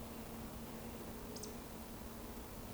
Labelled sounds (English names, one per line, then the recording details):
Eurasian Woodcock whistle
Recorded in Baden-Württemberg, Germany, on 24 June 2020 at 19:40 UTC
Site 14569, 102 m above sea level